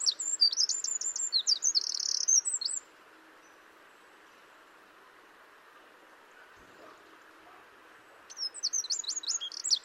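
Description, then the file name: Eurasian wren song, very high and quick, with a rattling trill in the middle, stopping after three seconds; after a long quiet gap a second outburst begins. "Troglodytes troglodytes"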